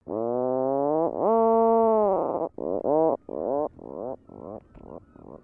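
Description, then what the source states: Atlantic Puffin calls: a long, low, harmonic groaning note, then a second drawn note, followed by a run of shorter groans that grow quieter toward the end. At Machias Seal Island on July 19, 2013.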